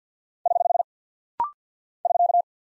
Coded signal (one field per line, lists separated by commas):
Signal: Morse code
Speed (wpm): 48 wpm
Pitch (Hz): 700 Hz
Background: none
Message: <HH> <SK>